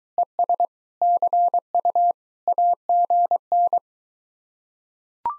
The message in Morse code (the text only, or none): ES CU AGN